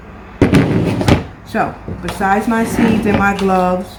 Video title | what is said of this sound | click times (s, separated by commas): Planting Strawberries in a Container | And as you can see, these snap right into place. | 1.0 s, 1.1 s